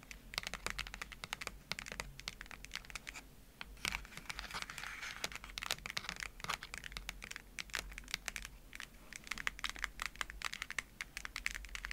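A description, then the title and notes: Tapping and scratching on an egg: a dense run of quick, sharp, bright clicks, irregular and rapid like typing, continues through the whole twelve seconds. A brief thinner pause comes near four seconds, and a soft crinkly scratching fills the gaps between taps. ASMR Easter Triggers To Help You Fall Asleep (tapping, scratching, egg sounds).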